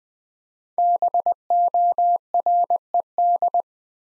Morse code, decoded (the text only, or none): BORED